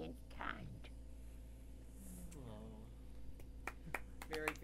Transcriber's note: applaud